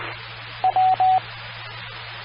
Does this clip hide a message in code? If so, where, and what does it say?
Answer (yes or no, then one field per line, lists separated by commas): no